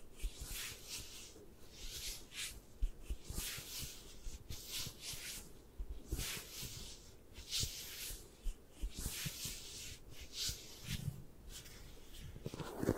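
Tapping and scratching sounds of a massage, made up of quick, uneven bursts of crisp, bright scraping that come and go every second or so. Soft tapping knocks sit underneath. A few sharper clicks land near the 3 and 13 second marks.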